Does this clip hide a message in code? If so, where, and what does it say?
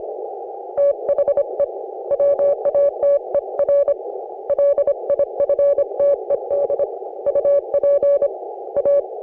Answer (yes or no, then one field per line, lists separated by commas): yes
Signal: Morse code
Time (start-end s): 0.8-9.0 s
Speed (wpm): 30 wpm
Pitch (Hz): 560 Hz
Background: none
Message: THE WATER LIFTED UP A